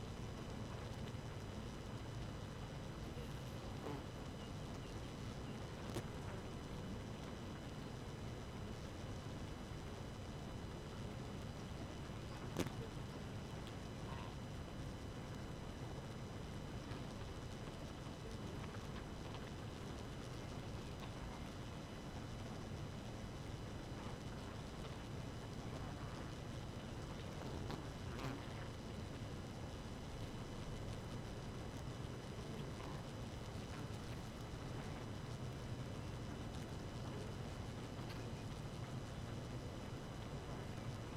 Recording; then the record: honeybee colony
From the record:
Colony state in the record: active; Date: 12 June 2018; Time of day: 4:44